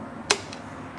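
A metal snap ring is pushed fully into its groove on the kick start gear shaft of a 2019+ Beta 200 RR motorcycle engine with snap ring pliers, after the outer washer, while installing kick start kit part number AB-21194. A sharp metallic click sounds at 0.3 s, followed by a much fainter tick at 0.5 s. The ring is seated in its groove and the part spins freely as it should.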